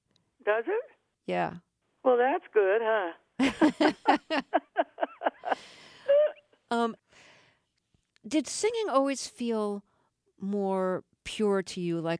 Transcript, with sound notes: Does it?
Yeah.
Well that's good, huh?
(LAUGHTER)
Did singing always feel more pure to you,